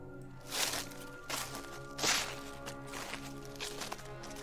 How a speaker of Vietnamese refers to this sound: Âm thanh vang lên rõ lắm, tựa như là những người đang bước chân đi trên nền rừng vậy. Họ dẫm lên những lá cây, những cành mục rất rõ, càng lúc càng đến gần. Tiếng bước chân có nặng, có nhẹ, lúc xa, lúc gần, bắt đầu khủng bố thần kinh của chúng tôi.